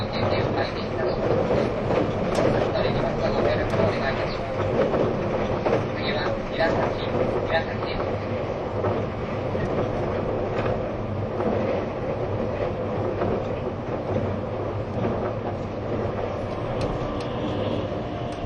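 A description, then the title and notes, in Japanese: Running sound of a train: a dense, steady rumble and clatter that holds an even loudness for the whole stretch. Brief bright squeaks and ticks flick through every few seconds, and faint murmured voices seem to sit underneath the noise. E257系 あずさ19号03 甲府～松本。音の旅(走行音)。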